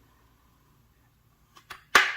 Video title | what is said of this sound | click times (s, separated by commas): How to install the legs on the Sony PlayStation 5 (PS5) | And when you hear that click-pin sound, that's when you stop spinning it around. | 2.0 s